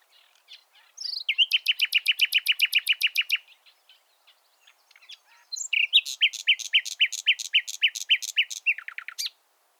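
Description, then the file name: Common nightingale song: two rapid trills of evenly repeated notes, separated by a pause with a few soft notes. "Luscinia megarhynchos"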